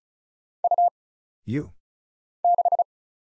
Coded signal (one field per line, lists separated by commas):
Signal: Morse code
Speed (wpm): 36 wpm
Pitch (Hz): 700 Hz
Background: none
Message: U 6